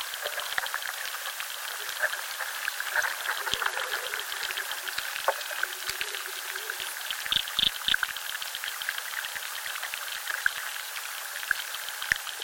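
Underwater life in a chalk river crackles and ticks steadily, a dense fizz of tiny clicks and pops with brighter chirps scattered throughout. A soft bubbling water sound runs underneath, with a few sharper knocks around seven to eight seconds.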